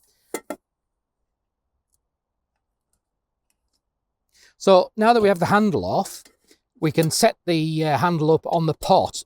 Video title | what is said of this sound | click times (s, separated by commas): Sea to Summit Frontier Ultralight Pot - Initial Look | then just simply clicking it into place. And that's it, solid again. | 0.4 s, 0.5 s